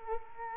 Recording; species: mosquito wingbeat signal from an infrared sensor; Culex quinquefasciatus